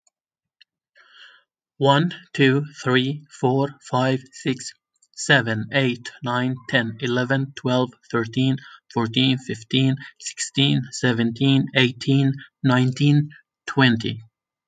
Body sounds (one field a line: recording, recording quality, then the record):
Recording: counting at a fast pace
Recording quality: excellent, no background noise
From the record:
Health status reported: healthy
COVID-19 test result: not tested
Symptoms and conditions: asthma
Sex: male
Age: 34 years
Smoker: not ticked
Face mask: not worn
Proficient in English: yes